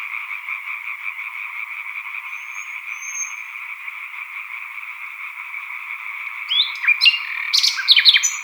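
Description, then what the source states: European tree frog chorus, an unbroken pulsing croak, with faint high whistles midway and a bird's sharp song phrases near the end. Chorus of green tree frogs with a nightingale singing solo, recorded at Sattenay, title dated 140418.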